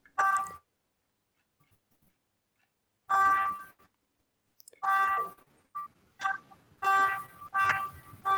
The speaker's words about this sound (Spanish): ¿Qué eso? Los pitazos.